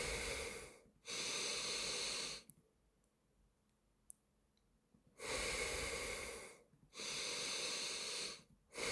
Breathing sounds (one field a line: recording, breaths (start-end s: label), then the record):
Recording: nose breathing near a microphone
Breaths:
0.00-0.74 s: exhalation
0.74-2.39 s: inhalation
4.84-6.59 s: exhalation
6.59-8.29 s: inhalation
8.29-8.92 s: exhalation
From the record:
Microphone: phone